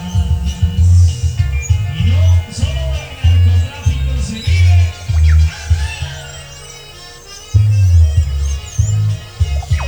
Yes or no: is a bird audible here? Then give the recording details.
no. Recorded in pastures near Puerto Asís, Putumayo, Colombia, on 22 December 2024 at 17:00. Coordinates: 0.497, -76.327. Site G088